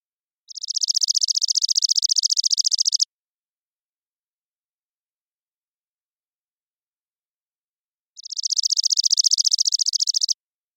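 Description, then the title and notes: Chipping sparrow singing a fast, dry, mechanical trill of high notes for about two and a half seconds, then a long quiet gap before a second, similar trill. Single bird's trilling song, parabolic recording, natural pace, rhythm and dynamics kept, cleaned for clarity; Pacific Northwest, Washington, United States; intermixed tree-grass open spaces. "Chipping Sparrow, Spizella passerina, trilling song, single species parabolic recording, single bird performance, natural pace, rhythm, & dynamics maintained, clean processed for clarity, family: New World Sparrows, common voice of intermixed tree-grass open spaces Recorded in the beautiful Pacific Northwest, Washington, United States"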